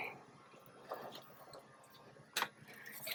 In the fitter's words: it clicks there we go so that's that bottom electrical connector that we popped off